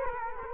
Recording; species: mosquito wingbeat signal from an infrared sensor; Culex quinquefasciatus